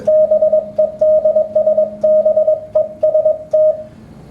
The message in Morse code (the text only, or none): BEDS BEST